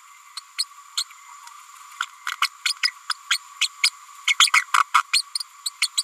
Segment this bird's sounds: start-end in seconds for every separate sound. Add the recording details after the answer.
0.37-0.40, 0.58-0.64, 0.97-1.04, 2.00-2.06, 2.27-2.31, 2.41-2.48, 2.65-2.73, 2.83-2.87, 3.10-3.13, 3.30-3.38, 3.61-3.68, 3.83-3.90, 4.27-4.35, 4.39-4.50, 4.53-4.62, 4.74-4.83, 4.94-5.02, 5.13-5.22, 5.66-5.70, 5.82-5.88, 5.97-6.02. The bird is a female. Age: 30 days. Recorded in a nest box in Venezuela. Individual 17B102A6